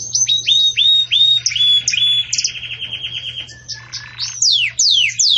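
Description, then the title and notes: Canary song with whistled downslurred notes, a rapid rolling trill, then a softer buzzy passage and sharp descending sweeps at the end. Belgian canary song for training young birds; song style 'campainha' (bell-like). "Canto Do Canário Belga Campainha Para Encarte De Filhotes. CANARIO"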